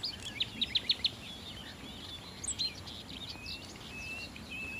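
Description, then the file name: Common nightingale song: a quick run of five loud, clipped high notes, then scattered softer chirps and a thin whistle over a steady low background hiss. "Nachtigall"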